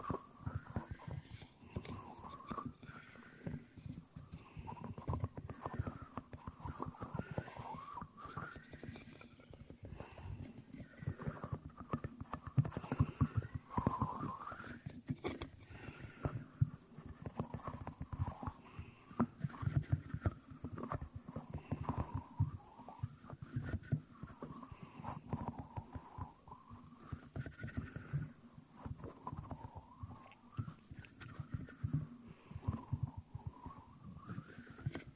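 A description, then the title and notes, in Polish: Teaspoons clatter in a fast, dense run of light clicks and taps that continues steadily for the whole stretch. A wavering tone swoops up and down over and over in the middle range, with a low rumbling hum underneath. Łyżeczki.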